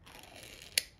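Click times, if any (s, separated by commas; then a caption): 0.8 s. The spring-loaded plunger of a metal and plastic desoldering vacuum pump is pushed down into the pump body over faint, steady rubbing and scraping. At 0.8 s it catches and locks with a single sharp, bright click, and the plunger is latched down.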